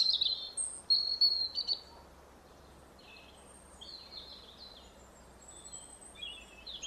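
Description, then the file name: European robin song: thin, high warbled phrases, loudest in the first two seconds, then softer scattered twittering notes over a steady hiss. "Erithacus rubecula"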